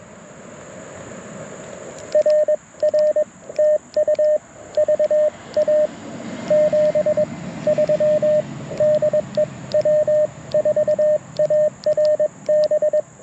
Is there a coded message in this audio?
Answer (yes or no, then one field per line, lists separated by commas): yes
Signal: Morse code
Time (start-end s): 2.1-13.0 s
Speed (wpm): 22 wpm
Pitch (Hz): 590 Hz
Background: radio noise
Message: RR TU VA 73 DE W4ARB